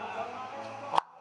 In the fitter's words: snap it in kind of hard you guys want to hear that snap that's